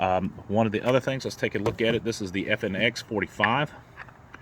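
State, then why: Not seated. Someone talks while handling a HiLight P10S compact weapon light by Aimkon at the accessory rail of an FNX 45 pistol, where it is meant to be compressed until its clamp clicks in place. After the talking, a few faint, brief handling taps are heard near 4.0, 4.1 and 4.4 seconds. The light has not yet seated or clicked onto the rail by the end of the clip.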